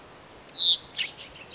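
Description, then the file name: Common chaffinch giving a single short, bright, high call note that slurs downward, followed by fainter high chips against a steady background hiss. "Fringilla coelebs"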